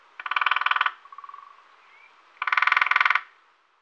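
Lesser spotted woodpecker producing two fast rattling series of evenly spaced notes, separated by a fainter trailing pulse series and a brief thin whistle.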